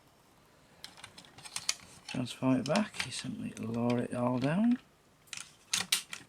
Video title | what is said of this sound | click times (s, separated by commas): M.A.S.K. - Firecracker | and it just clicks into the blast like that retrieve | 5.9 s